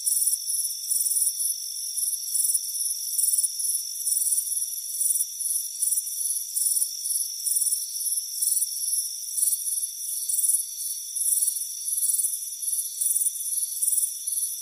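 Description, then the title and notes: Crickets: rapid high chirps pulsing about three times per second atop unbroken, even-pitched trills. "Soothing Crickets Chirping Sound. It's a warm afternoon as you relax in a hammock on the front porch. Relax and fall asleep to the soothing sound of chirping crickets. Deep Sleep Sounds"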